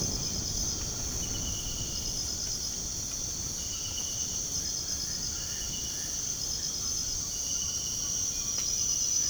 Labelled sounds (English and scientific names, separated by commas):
none